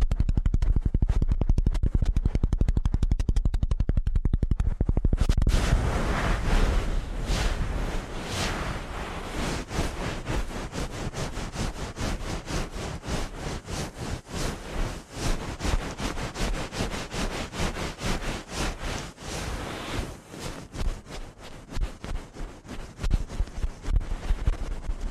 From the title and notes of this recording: ASMR Ear Cleaning at Helicopter Speed.